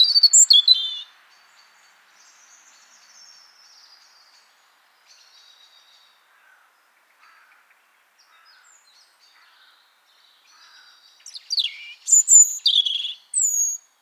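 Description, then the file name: European robin song phrase of sharp high warbles, a long pause with only faint chirps, then another bright, twisting phrase of descending sweeps and thin whistles. "Erithacus rubecula"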